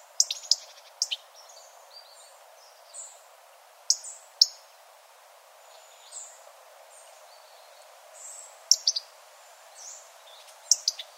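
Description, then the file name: European robin calls and thin notes: bursts of sharp high ticks alternate with short high whistles and faint slurred notes across the stretch. "Erithacus rubecula"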